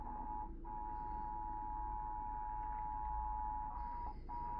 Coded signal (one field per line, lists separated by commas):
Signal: Emergency Alert System (SAME) tones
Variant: 853 and 960 Hz attention tone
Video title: Eas svr on KUHF 88.7fm, Kacc 89.7fm and Kyaz 51.1 Eas#1150- 1152)